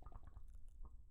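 A quiet, deep, bubbling gurgle comes in several irregular pulses over about a second, with almost no higher-pitched sound. This is stomach rumbling (borborygmi) in an adult's belly, the sound of gas and fluid moving through the gut.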